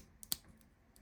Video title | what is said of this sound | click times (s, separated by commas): S.H. Figuarts Indiana Jones Review | And when you snap it on, you'll hear the snap, | 0.3 s